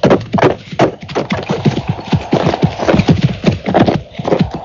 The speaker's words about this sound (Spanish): Mientras observaba tales cosas, cabalgué por una corta calzada que me condujo a la casa.